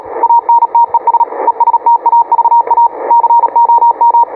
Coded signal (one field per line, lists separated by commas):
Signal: Morse code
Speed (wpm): 37 wpm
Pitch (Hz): 940 Hz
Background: radio noise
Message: ANTES ESTAVA COM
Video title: QSO em CW.